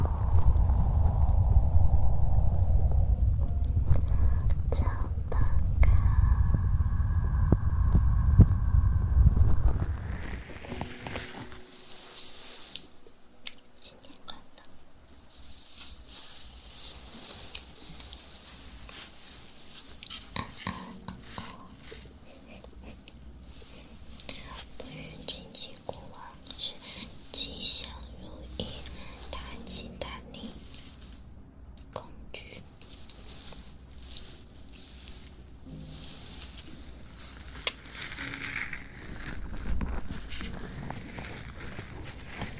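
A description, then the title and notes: Mouth sounds begin under a heavy low rumble for ten seconds, then turn quiet, with soft clicks, smacks and one sharp pop near 38 seconds. Sensitivity Mouth Sounds.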